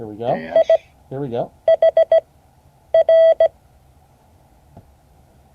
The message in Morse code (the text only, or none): IHR